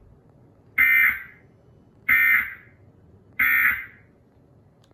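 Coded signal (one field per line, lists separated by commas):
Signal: Emergency Alert System (SAME) tones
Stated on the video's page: EAS alerts for severe weather relayed through a Cox cable system.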